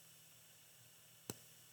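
A plastic cap is snapped onto a glue stick tube a second time, making a single sharp click at 1.3 s against a quiet, steady background hum. The click means the glue stick is sealed, so air cannot get in and dry it out.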